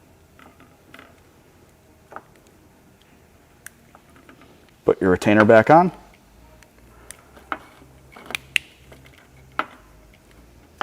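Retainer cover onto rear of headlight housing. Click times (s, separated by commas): 8.6 s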